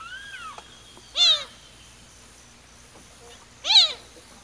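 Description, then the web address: Azure gallinule giving two short, nasal, downward-bending calls about two and a half seconds apart, after a soft whistle at the start. Recorded in Ecuador. "Birds of Ecuador. Azure Gallinule"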